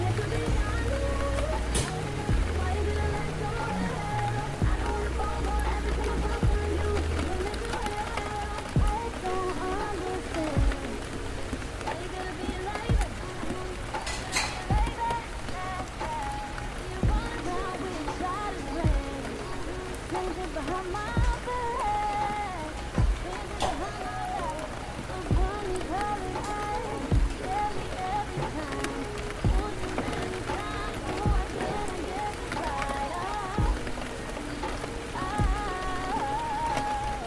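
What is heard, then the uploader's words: Gentle rain patters steadily against tall windows, with sharp little taps and clicks landing every second or so. A low rumble sits underneath for the first several seconds, and faint murmuring voices drift through the background the whole time. A gentle rain patters against the tall, looming floor-to-ceiling windows of the common area of VALORANT HQ.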